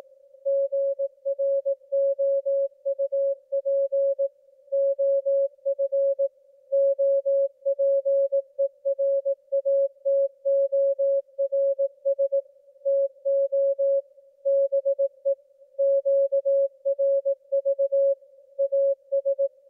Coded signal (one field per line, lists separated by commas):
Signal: Morse code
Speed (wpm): 18 wpm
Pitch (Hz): 550 Hz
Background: music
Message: GROUP OF OPERATORS TO BE QRV AS